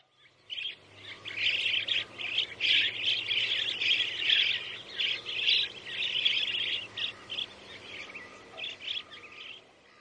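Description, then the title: Bird song, a long continuous run of bright chirps and trills around the middle-high range, in quick uneven bursts, over a faint steady low hum. "LuckyPassaro Completos2Sama"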